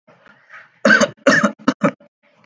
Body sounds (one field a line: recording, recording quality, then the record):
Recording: shallow voluntary cough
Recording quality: excellent, no background noise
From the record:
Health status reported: healthy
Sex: male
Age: 36 years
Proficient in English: yes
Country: India